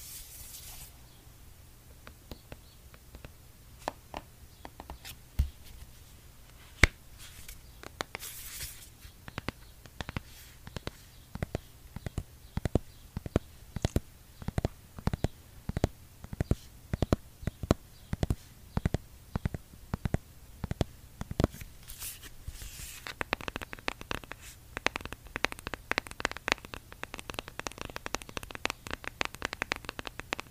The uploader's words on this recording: Asmr eyeshadow tapping. Blue yeti microphone.